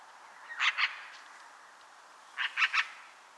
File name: Black rumped Magpie Pica bottanensis